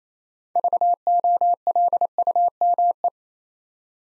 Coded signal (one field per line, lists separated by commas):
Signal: Morse code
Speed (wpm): 27 wpm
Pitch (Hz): 700 Hz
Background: none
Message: VOLUME